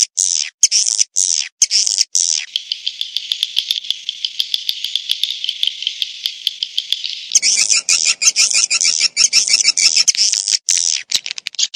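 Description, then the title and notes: Swiftlet calls: opening high chirps, a long even buzzing trill, then a ragged run of rapid clicks and chirps. Swiftlet farming lure sound, Asia. "Swiflet Bird Sound. Farming Swiflet Bird asia sound"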